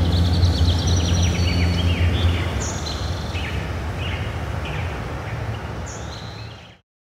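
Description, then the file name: Bird song of quick high chirps and brief whistled phrases over continuous low rumble, fading out into silence at the end. Birds in a forest. "Zzz ASMR - Birds and Forest Pt 1"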